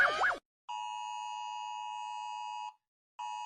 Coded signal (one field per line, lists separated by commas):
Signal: Emergency Alert System (SAME) tones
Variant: 853 and 960 Hz attention tone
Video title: Rating EAS Alarms (Part 1)